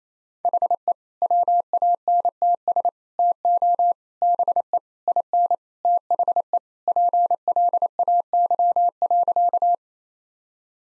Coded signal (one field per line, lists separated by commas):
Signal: Morse code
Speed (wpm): 27 wpm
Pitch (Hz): 700 Hz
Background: none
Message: HE WANTS TO BE IN THE PLAY.